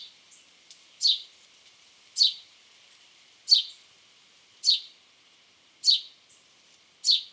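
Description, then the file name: House sparrow chirps, six harsh notes at a fairly even pace of just over a second, plus a couple of faint clicks early on. "Passer domesticus"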